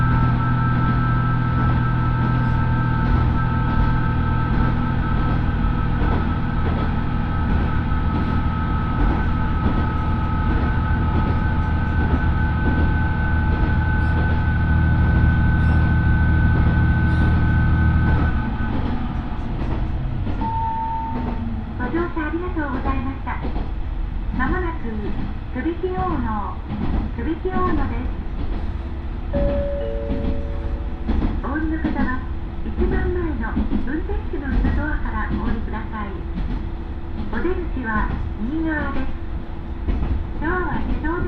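A diesel railcar's engine drones steadily until about eighteen seconds, then cuts to a quieter cabin with murmuring speech and occasional tones.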